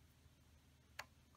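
The adjustment dial on a circular sock-knitting machine is turned a half turn (180 degrees) to the left until it drops into a small notch. A single short, sharp pop sounds at 1.0 s over a quiet low hum as the dial seats in its detent.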